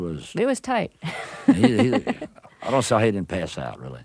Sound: laughter

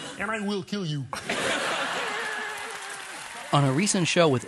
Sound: laughter and applause

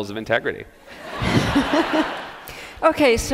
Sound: laughter

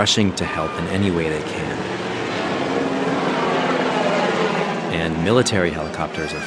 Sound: soundbite of helicopters whirring

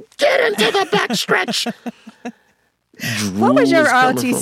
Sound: laughter

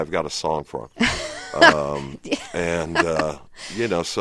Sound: laughing

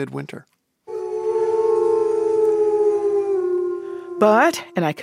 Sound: soundbite of wolves howling

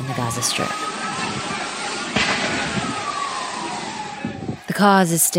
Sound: soundbite of explosion

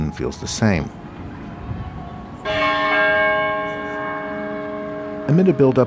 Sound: soundbite of bell ringing

